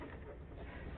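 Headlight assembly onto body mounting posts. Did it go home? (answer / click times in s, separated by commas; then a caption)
no / none. A headlight assembly for a 1999–2004 Ford Mustang is being lined up with the two body mounting posts and pushed and slid into place by hand, so that its plastic clips will click in. Only a steady low rumbling noise is heard, with no sharp sounds. Nothing has seated or clicked yet.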